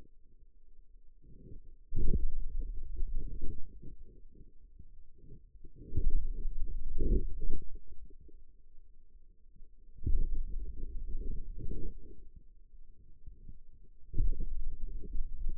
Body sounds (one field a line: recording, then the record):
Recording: forearm muscle sounds (acoustic myography)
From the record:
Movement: finger pinch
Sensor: system 2, bracelet of six BSWA MPA416 microphones around the upper forearm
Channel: 3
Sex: male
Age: 22 years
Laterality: right